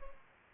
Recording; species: mosquito wingbeat signal from an infrared sensor; Culex pipiens